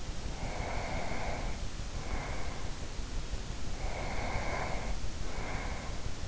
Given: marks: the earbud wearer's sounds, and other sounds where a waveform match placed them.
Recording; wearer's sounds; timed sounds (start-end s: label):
sounds in sleep by an in-ear microphone; breath
0.34-2.97 s: breath
3.65-6.28 s: breath